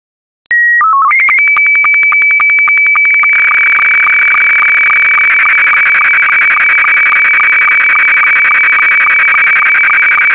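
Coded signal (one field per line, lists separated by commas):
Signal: SSTV (slow-scan television)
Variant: Scottie 2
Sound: short steady calibration tones, a warbling header, then buzzing scan lines with rhythmic ticks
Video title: Sending Photo Images through Audio Analog signal (SSTV Scottie 2)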